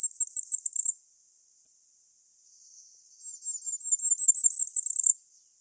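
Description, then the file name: Common firecrest giving very high, thin, rapid notes in two bursts separated by a pause of about two seconds, the second burst swelling in loudness. "Regulus ignicapilla"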